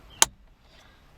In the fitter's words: then you want to take your red clip and push it down make sure that's locked in okay